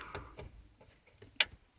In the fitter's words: there i don't know if you heard that little click then